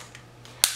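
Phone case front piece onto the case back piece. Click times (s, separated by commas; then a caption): 0.6 s. The hard plastic front piece of a three-layer Beyond Cell Tri Shield case for a Samsung Galaxy S4 Mini is pressed onto the back piece over the silicone skin on a dummy phone. Two faint ticks at about 0.2 s and 0.5 s come before a sharp, loud snap at 0.6 s, and the front piece is seated in place.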